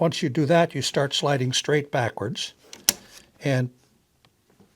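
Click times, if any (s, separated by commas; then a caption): none. Someone talks while a Blum Tip-On push-to-open unit, lined up with the arrow marked on a Blum Movento drawer slide, is being slid straight backwards along the slide. A single sharp knock comes at about 2.9 s, followed by a few faint taps as the clip ends. Nothing has seated or clicked yet.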